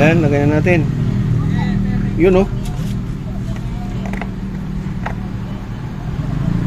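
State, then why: Seated. Someone talks while an LED 1156 P21 5-watt 150 SMD bayonet bulb is pushed into the flasher lamp socket of a Pajero Gen 2 4M40 4x4 JDM and twisted, producing small ticks around 4.1–4.2 s over a steady low hum. The loudest short click comes at 5.1 s at the end of the twist, as the bulb locks into the socket.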